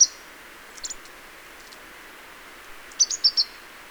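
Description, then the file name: Marsh tit calls, a lone sharp high note, a few faint notes, then a quick burst of four clipped high chips near the end. "Poecile palustris"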